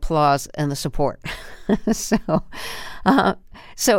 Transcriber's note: laughter